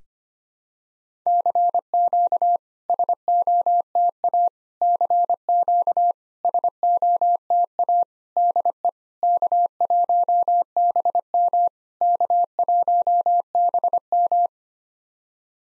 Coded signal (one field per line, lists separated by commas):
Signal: Morse code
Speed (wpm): 25 wpm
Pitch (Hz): 700 Hz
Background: none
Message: CQ SOTA CQ SOTA DE K1BM K1BM